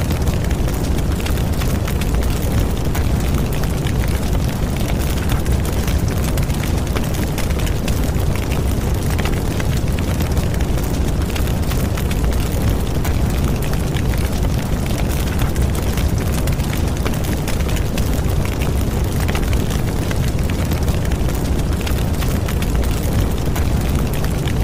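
A big fire roars steadily, with a deep, dense rumble that never lets up across the whole stretch. Countless small crackles and pops flicker through it at an irregular, rapid pace. The level stays constant from start to finish.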